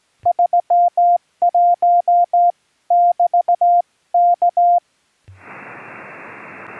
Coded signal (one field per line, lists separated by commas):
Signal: Morse code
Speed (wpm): 17 wpm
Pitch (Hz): 700 Hz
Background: none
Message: 31 <BT> K